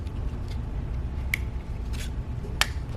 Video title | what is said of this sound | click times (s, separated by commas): How To Paint Match FORD EMBLEMS and F350 BADGES! | It just snaps in from the back. | 2.6 s